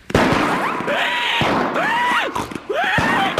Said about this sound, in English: What's that? It's the fireworks. They are an important part of the fair.